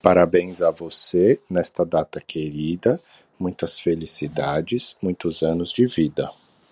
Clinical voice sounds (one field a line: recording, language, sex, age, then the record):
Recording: short text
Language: Brazilian Portuguese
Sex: male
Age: 30 to 39 years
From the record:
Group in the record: control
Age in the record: 35 years